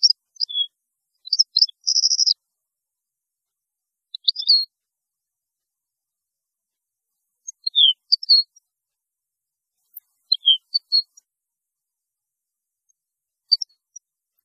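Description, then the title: European goldfinch singing short scattered phrases of bright twittering notes with one buzzy trill, separated by quiet gaps. "Chant Chardonneret"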